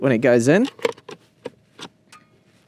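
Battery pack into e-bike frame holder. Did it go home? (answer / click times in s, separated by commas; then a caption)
yes / 1.5 s. Someone talks, then a removable 6 amp-hour (214 watt-hour) battery pack is slotted back into its frame holder on a HONBIKE 20" foldable e-bike. A click is heard at 1.5 s, followed by a sharp hit at about 2.1 s. The battery is seated.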